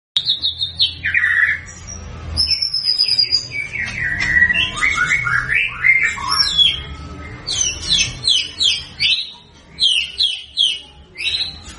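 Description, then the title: White-rumped shama song: loud varied phrases of high whistles, slurred notes and quick chattering bursts, repeated in rapid sequence over low background hum. Lure song meant to make birds respond; gacor, meaning singing continuously and energetically. "PANCINGAN MURAI BATU GACOR, LANGSUNG RESPON"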